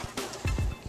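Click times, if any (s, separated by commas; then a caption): none. A plastic gauge bezel ring with tabs is handled and pressed toward an ATI triple center dash gauge pod with a carbon fiber look, made for a Subaru WRX/STI. Music plays throughout, with a sharp hit near 0.2 s and a burst of low thumps around 0.5 s. Nothing has seated or clicked yet.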